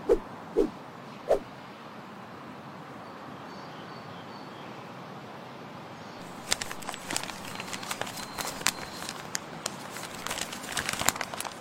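An open book, starting with three sharp knocks in the first second and a half, then a steady soft hiss. Past the six-second mark, dense crackling and rustling begins, with quick irregular ticks and snaps that continue to the end.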